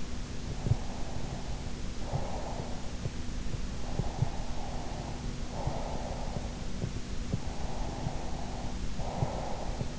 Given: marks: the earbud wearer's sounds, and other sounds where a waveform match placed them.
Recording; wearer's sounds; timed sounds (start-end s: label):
sounds in sleep by an in-ear microphone; breath
0.00-2.97 s: breath
3.79-6.42 s: breath
7.45-9.94 s: breath